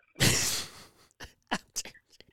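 An adult man gives one loud, harsh explosive burst lasting about half a second, picked up close to a microphone, then a few short, quieter noisy bursts and breaths. It is heard as a single strong cough, with small follow-up sounds as it settles.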